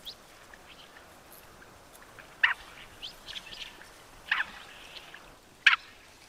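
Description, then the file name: Mandarin duck uttering three sharp, brief calls, with faint chirps between them. "pato-mandarín-Aix-galericulata"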